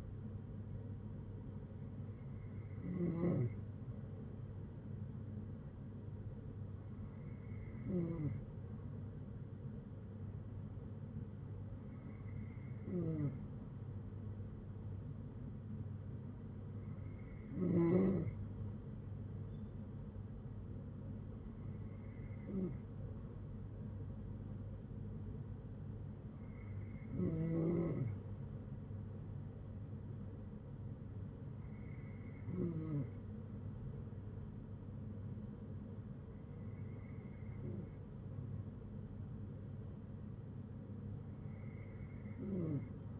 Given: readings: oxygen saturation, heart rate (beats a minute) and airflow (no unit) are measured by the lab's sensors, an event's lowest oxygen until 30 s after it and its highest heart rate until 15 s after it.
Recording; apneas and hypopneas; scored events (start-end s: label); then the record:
breathing in sleep by a smartphone at the bedside; none
none scored
From the record:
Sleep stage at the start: N3 (deep sleep); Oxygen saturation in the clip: 93 to 95%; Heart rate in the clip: 56 to 68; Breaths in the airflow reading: 8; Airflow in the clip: -8.2 to 6.0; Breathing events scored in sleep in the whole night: 182 in 7.4 hours asleep